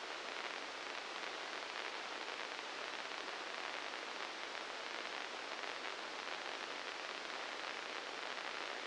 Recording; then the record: brain microelectrode recording played as sound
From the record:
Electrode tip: inside the subthalamic nucleus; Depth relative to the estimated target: -2 mm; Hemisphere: left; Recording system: NeuroSet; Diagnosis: Parkinson's disease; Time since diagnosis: 19 years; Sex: female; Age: 69 years